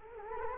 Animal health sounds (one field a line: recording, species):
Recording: mosquito wingbeat signal from an infrared sensor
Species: Culex quinquefasciatus